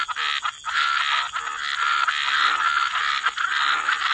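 Frog chorus forming an almost unbroken wall of buzzy croaking, with a high steady hiss throughout.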